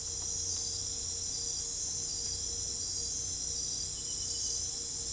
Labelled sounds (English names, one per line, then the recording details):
none
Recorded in pastures near Puerto Asís, Putumayo, Colombia, on 22 December 2024 at 02:00
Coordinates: 0.487, -76.322
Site GP09